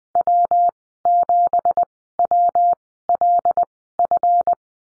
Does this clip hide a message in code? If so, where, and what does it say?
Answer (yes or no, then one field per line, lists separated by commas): yes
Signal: Morse code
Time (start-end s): 0.2-4.5 s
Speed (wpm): 20 wpm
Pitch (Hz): 700 Hz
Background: none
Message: W7WLF